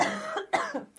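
Two short, harsh cough bursts about half a second apart, the second sharper, with some voiced tone and a brief breath between them, from an adult woman who has been sick for a few days with a cough that mostly comes on when she laughs. A plain cough in a quiet small room, with no wheeze or stridor.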